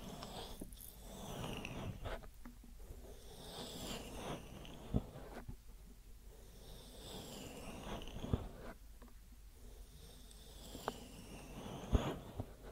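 Close, muffled rubbing and rustling right against the microphone, like fingers massaging an ear, with soft breathy swishes that rise and fall. Sharp little taps land around five, eight and twelve seconds, and a low rumble hums underneath throughout in a small, quiet room.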